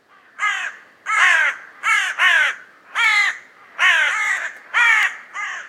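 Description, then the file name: Carrion crow cawing: about eight harsh, hoarse caws in a loose, uneven series, some closely paired, each short and grating. "Corvus corone"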